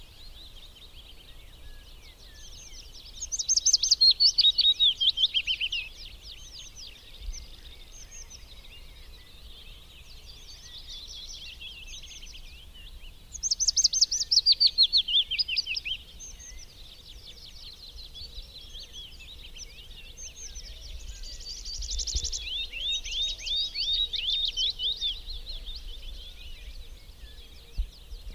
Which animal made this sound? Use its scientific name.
Phylloscopus trochilus